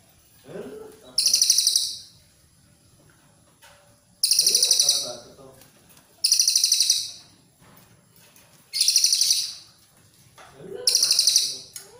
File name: suara cililin coklat